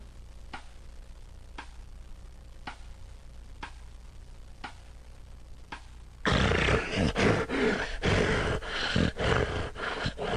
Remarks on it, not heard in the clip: A clock ticking to show the periods of time that the person actually isn't breathing. It sounds like they're choking. that was actually a mild case of an obstructive event. It sounded like a lion roaring. when they actually get the arousals and they start breathing, it's more like of an explosive, like when you're stuck underwater and you can't wait for the surface and you have to pop your head out and take a deep breath.